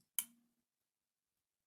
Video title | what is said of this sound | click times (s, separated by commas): How to Oil a Sticky Valve | I turn it clockwise till it clicks | 0.2 s